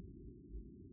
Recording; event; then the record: neck accelerometer signal played as sound; no cough (speech, laughter, throat clearing or background)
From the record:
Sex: female